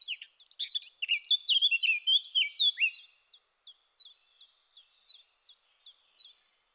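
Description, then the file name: Eurasian blackcap song: a loud, tumbling warble of varied fluty notes for about three seconds, followed by a series of quiet, evenly spaced short chirps. "Sylvia atricapilla"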